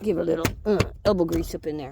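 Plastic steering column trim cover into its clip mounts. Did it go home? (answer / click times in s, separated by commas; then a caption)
no / none. A plastic steering column trim cover on a 2008 Ford Focus is handled and pushed toward its clip mounts during ignition switch work while someone talks. Nothing has seated or clicked yet.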